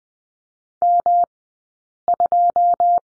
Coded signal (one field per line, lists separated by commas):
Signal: Morse code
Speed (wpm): 20 wpm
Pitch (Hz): 700 Hz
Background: none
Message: M2